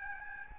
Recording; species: mosquito wingbeat signal from an infrared sensor; Aedes albopictus